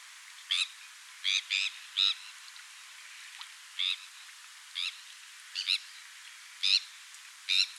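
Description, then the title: Sandwich tern uttering rasping, scratchy calls at short, irregular intervals, some in pairs. "Sylvain Jaskowiak - Mes piafs. Sternes Caugek"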